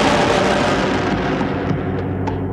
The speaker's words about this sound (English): And the thunder roared. Thunder, thunder. And the thunder roared.